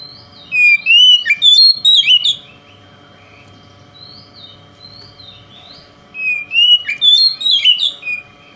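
Oriental magpie-robin giving two loud bursts of tumbling whistled phrases with quick upward and downward slides, a quiet interval of several seconds between them.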